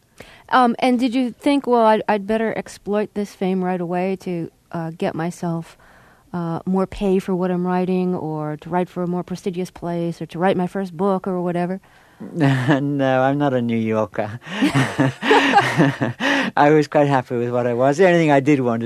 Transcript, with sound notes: And did you think, well, I'd better exploit this fame right away to get myself more pay for what I'm writing or to write for a more prestigious place or to write my first book or whatever?
(Laughter) No, I'm not a New Yorker.
(LAUGHTER)
I was quite happy with what I was.